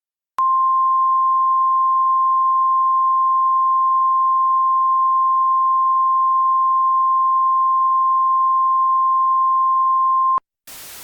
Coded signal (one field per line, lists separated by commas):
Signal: Emergency Alert System (SAME) tones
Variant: 1050 Hz attention tone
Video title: EAS Scenario - NYC Subway sarin attack (500 Subscribers Special)